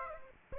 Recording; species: mosquito wingbeat signal from an infrared sensor; Aedes aegypti